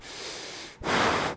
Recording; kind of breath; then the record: one breath in and out by a microphone near the nose and mouth; strong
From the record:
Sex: male